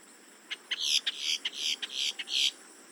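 Boat-tailed grackle giving a quick series of harsh, buzzy, rasping notes lasting about two seconds, some short and clipped, others drawn out.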